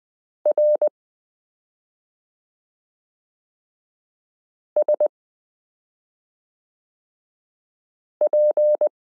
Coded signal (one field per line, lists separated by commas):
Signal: Morse code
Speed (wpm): 20 wpm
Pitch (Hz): 600 Hz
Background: none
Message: R S P